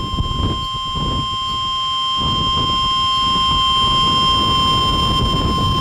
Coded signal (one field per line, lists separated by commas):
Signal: Emergency Alert System (SAME) tones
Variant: 1050 Hz attention tone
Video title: Pittsburgh, PA Storm Footage 7/10/13 w/ EAS #251